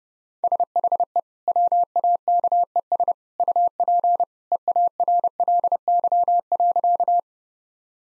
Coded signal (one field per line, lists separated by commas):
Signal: Morse code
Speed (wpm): 30 wpm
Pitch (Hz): 700 Hz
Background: none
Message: SHE WAKES UP EARLY.